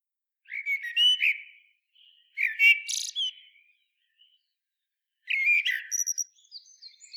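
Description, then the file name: Common blackbird song: three low fluty warbles with brief high squeaky endings and long pauses. "Turdus merula"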